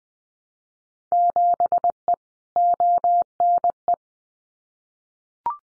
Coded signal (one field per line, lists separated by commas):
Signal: Morse code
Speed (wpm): 20 wpm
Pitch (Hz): 700 Hz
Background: none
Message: 7E ONE